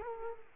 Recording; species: mosquito wingbeat signal from an infrared sensor; Culex quinquefasciatus